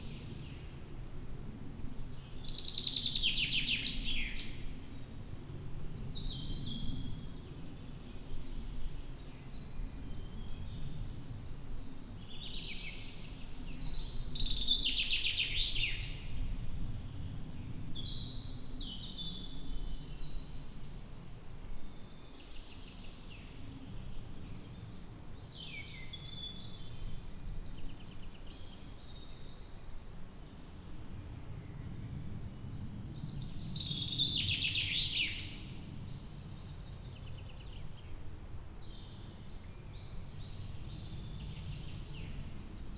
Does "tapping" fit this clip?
no